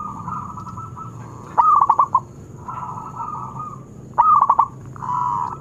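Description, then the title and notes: Zebra dove song of quick stuttering coo notes in two bursts, with softer sustained cooing between them and a faint high steady tone throughout. Long-duration lure recording of an actively singing zebra dove (perkutut). "Pancingan Perkutut Durasi Panjang. Suara Burung Perkutut Gacor"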